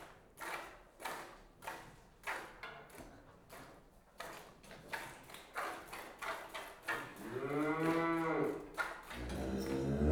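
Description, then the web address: Cow giving a loud harmonic moo near the end, after a run of rhythmic milk-squirting sounds. One cow being hand-milked, giving some loud moos. "BBC Sound Effects Library. One Cow Hand-Milked"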